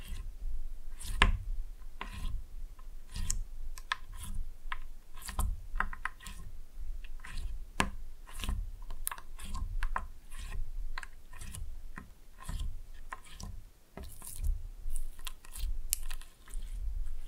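Slime being squished and pulled in a steady stream of wet squelches and sharp clicky pops, with soft low thumps underneath throughout.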